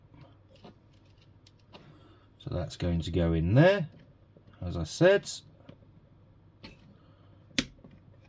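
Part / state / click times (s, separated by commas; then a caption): battery holder wire terminal into light circuit board socket / seated / 7.6 s. The terminal of a battery holder wire is pushed into the socket on the light circuit board of a Fanhome Power Rangers Megazord premium display base while someone talks. A sharp, loud click at 7.6 s shows the connector seating in the socket.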